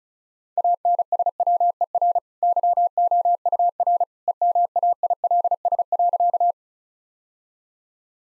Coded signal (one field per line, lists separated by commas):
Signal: Morse code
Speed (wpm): 34 wpm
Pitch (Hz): 700 Hz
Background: none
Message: ANSWER YOUR EMAILS.